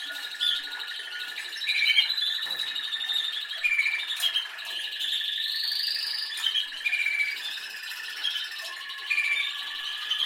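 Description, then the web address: Canary singing a mix of trills, rising and falling whistled sweeps and chattering notes, the phrases changing every few seconds. "Canari Seda Canari"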